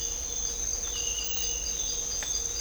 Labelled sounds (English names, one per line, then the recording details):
none
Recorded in dense forest near Puerto Asís, Putumayo, Colombia, on 20 December 2024 at 06:00
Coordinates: 0.499, -76.324
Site G045